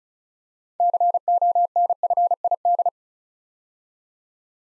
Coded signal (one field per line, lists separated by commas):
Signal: Morse code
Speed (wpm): 36 wpm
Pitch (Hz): 700 Hz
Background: none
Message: CONFID